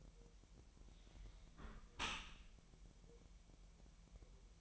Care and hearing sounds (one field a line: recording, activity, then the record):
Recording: daily activity, microphone in the room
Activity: close dishwasher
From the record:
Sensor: 1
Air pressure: 1000.5 hPa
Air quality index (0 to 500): 246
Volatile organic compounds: 139 ppm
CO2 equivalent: 3973 ppm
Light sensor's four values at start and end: 11/27/11/12 and 11/27/11/12